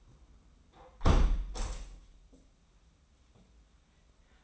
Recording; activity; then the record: daily activity, microphone in the room; close window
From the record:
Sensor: 1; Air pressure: 994.3 hPa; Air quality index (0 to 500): 214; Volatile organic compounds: 1000 ppm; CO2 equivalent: 7706 ppm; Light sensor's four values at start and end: 76/167/75/79 and 75/164/74/78